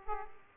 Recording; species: mosquito wingbeat signal from an infrared sensor; Aedes aegypti